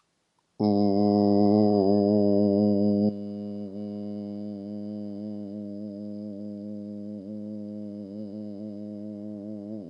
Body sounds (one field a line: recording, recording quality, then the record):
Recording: sustained vowel as in boot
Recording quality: excellent, no background noise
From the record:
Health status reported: healthy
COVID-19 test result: negative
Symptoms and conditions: fatigue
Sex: male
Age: 34 years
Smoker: yes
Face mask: not worn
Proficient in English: no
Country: France